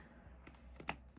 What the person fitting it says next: You heard the little click. So, he's good to go.